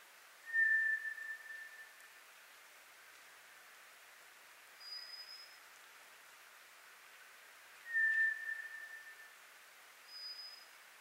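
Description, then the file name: White's thrush song: two long, level, low whistles alternating with two shorter, higher, faint whistles, the pitches taking turns with pauses of a few seconds. Recorded on 24 April 2010; Japanese name toratugumi. "toratugumi-20100424"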